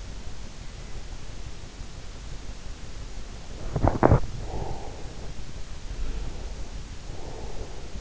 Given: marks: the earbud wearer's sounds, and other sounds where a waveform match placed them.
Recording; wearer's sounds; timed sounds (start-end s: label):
sounds in sleep by an in-ear microphone; breath, teeth grinding
3.17-5.38 s: breath
3.63-4.31 s: teeth grinding
5.84-8.01 s: sound from someone else or the room
5.97-8.01 s: breath